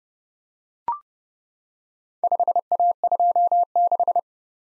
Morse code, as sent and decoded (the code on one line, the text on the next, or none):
..... .- ..--- -....
5A26